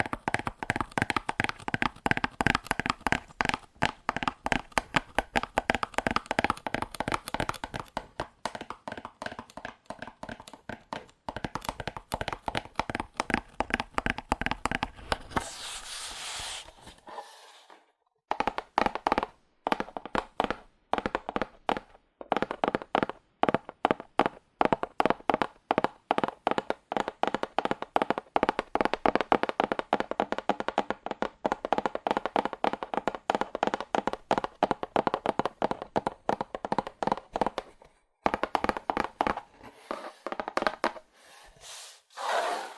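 Fast, aggressive tapping on cardboard, a dense run of sharp hollow knocks that hardly lets up. Around 16 seconds the tapping turns to a brief bright scratchy rub, then stops for about two seconds before the rapid taps resume, pausing briefly again near 38 and 42 seconds.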